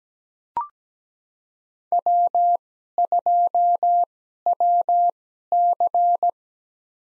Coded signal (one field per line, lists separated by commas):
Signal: Morse code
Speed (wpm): 17 wpm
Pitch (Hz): 700 Hz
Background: none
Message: W2WC